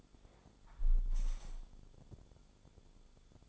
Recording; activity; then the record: daily activity, microphone in the room; close window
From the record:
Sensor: 5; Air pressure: 1015.0 hPa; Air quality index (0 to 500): 108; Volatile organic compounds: 2 ppm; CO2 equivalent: 1154 ppm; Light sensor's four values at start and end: 35/81/33/31 and 35/81/33/31